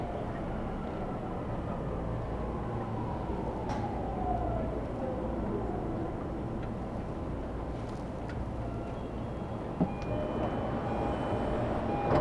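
A Tokyo Metro train runs between Iidabashi and Nishi-Funabashi with a steady, heavy low rumble throughout. A tone slides gently downward in the first half, and a few brief clicks and clacks come from the rails, including a sharp knock near the tenth second.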